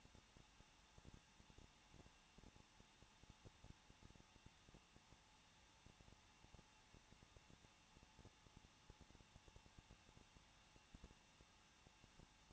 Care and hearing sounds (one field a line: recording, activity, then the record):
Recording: daily activity, microphone in the room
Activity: no activity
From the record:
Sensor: 1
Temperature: 20.1 degrees Celsius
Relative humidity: 39.1%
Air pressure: 1006.3 hPa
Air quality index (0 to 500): 216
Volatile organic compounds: 74 ppm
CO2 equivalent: 3557 ppm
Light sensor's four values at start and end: 1/2/1/1 and 1/2/1/1